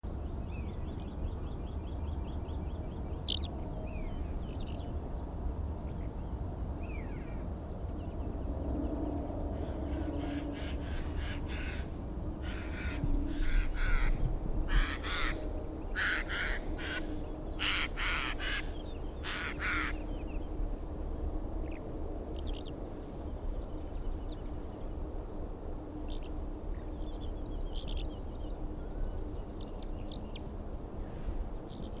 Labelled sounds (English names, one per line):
Eurasian Jay flight call